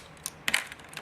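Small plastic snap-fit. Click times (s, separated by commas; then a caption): 0.5 s. A plastic toy missile is pushed into a plastic rocket pod on a Mega Bloks Halo Covert Ops Wolverine building-block vehicle. After a light tap at 0.3 s, a sharp, distinct click at 0.5 s is followed by a rattling snap and smaller taps toward the end. The missile seats firmly in the pod.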